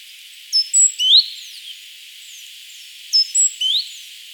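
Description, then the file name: Great tit calls, a pair of high whistled chips followed by a short rising note, given twice. "Parus major"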